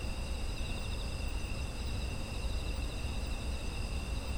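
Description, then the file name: Insects calling as one unbroken shrill chorus of high, slightly pulsing tones over deep steady rumble. Autumn insect ambience. "秋の虫の環境音"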